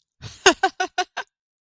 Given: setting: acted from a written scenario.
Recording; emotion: vocal sound without words; amusement